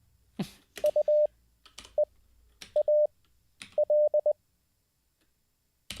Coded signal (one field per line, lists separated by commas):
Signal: Morse code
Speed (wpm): 20 wpm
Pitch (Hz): 600 Hz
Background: none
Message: UEAL